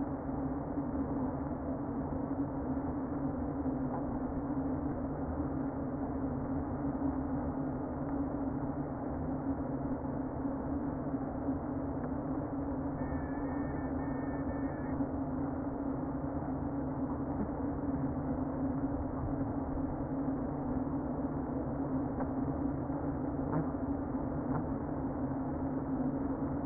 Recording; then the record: honeybee colony, microphone inside the hive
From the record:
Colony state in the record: queen present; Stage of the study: before two queens were removed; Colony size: about 60,000 bees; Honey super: yes